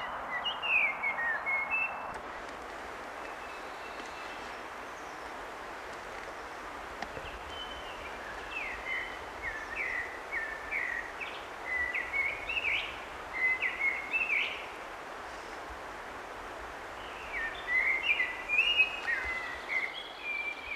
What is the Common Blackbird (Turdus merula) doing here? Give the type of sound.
song